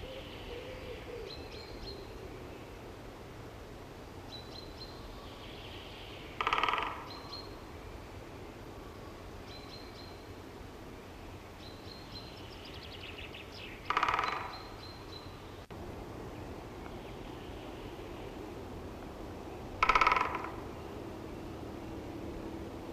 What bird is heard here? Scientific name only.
Dendrocopos major